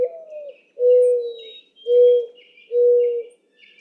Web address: birdsongforthecurious songs Mourning Dove